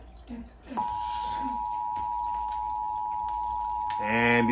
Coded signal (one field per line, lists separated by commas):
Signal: Emergency Alert System (SAME) tones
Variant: 853 and 960 Hz attention tone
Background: speech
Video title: A DAY LATE BRUH | New Jersey Required Monthly on WDPN-TV (November 16, 2022) (EAS #685)